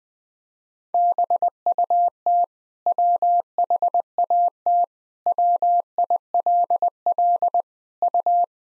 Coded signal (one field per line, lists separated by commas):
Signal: Morse code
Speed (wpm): 20 wpm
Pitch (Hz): 700 Hz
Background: none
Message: BUT WHAT WILL U